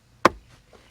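After new cabin air filters are fitted in a Nissan Frontier, the plastic access cover is closed by pushing up on its tab into the HVAC housing behind the glove box. One sharp, bright click at 0.3 s marks the tab snapping into place, followed by a faint soft tick near 0.8 s against a quiet background. The cover is seated.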